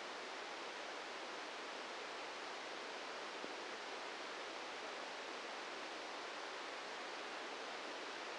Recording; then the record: brain microelectrode recording played as sound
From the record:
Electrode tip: outside the subthalamic nucleus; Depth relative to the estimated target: 0 mm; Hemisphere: left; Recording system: NeuroSet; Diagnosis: Parkinson's disease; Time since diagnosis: 8 years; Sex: male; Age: 58 years